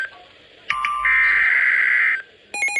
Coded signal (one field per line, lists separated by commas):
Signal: Emergency Alert System (SAME) tones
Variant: header bursts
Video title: Tornado Warning (EAS #672) 4/2/25